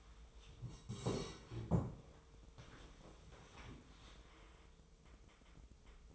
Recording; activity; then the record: daily activity, microphone in the room; sit down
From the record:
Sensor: 1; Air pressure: 1005.4 hPa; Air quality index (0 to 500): 122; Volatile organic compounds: 5 ppm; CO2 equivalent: 1710 ppm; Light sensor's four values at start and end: 11/26/10/11 and 11/27/11/12